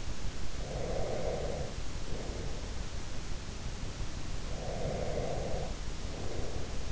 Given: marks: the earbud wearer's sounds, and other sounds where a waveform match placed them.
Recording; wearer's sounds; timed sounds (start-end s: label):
sounds in sleep by an in-ear microphone; breath
0.63-2.77 s: breath
4.41-6.92 s: breath